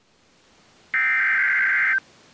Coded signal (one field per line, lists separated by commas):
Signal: Emergency Alert System (SAME) tones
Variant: header bursts